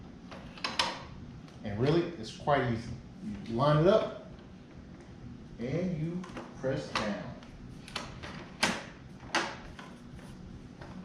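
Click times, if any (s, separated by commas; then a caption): none. A plastic windshield vent is lined up on a motorcycle fairing frame and pressed down while someone talks, with sharp handling taps and knocks throughout. Nothing has seated or clicked yet; the clip ends just before the vent's clips snap into the frame.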